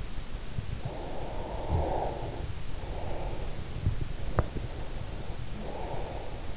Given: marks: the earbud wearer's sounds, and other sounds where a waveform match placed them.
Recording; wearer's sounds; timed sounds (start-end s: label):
sounds in sleep by an in-ear microphone; snoring breath, teeth grinding, breath
0.71-3.62 s: snoring breath
3.72-4.62 s: teeth grinding
4.72-6.53 s: breath